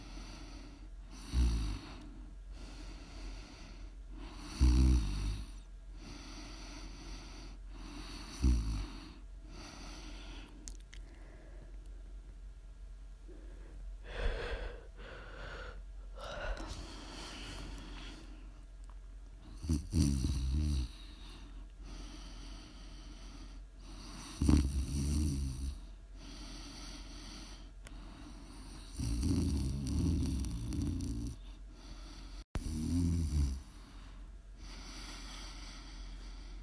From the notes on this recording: ASMR snoring